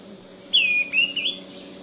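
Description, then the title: Greenish schiffornis giving one clear whistled call that slurs down, pauses briefly, then rises and wavers before ending, over a quiet background. "LuckyPassaro Completos2Sama. Greenish Schiffornis (Schiffornis virescens)"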